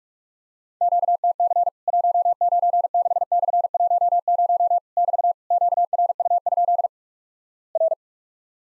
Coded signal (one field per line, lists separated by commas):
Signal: Morse code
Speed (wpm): 46 wpm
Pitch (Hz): 700 Hz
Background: none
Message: QTC 196/10 <BT> QRU? R